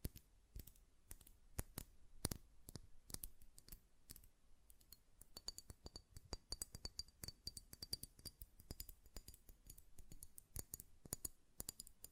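A glass perfume bottle is tapped and handled, giving a quick, irregular run of sharp clicks and ticks throughout. Some hits ring with a bright, thin glassy tone, especially after the midpoint. Softer scrapes and small knocks fill the gaps over a quiet background.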